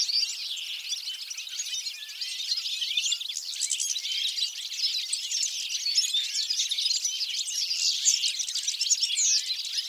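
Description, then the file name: European goldfinch song, a dense, unbroken high twittering of fast chirps and trills running throughout with no low sounds beneath. "Carduelis carduelis"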